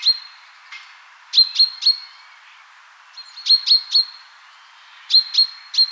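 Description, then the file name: Common chaffinch calling with bright clipped pink notes, mostly in runs of three, repeated every couple of seconds over faint background hiss. "Fringilla coelebs"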